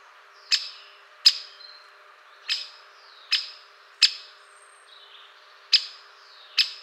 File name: Pico Picapinos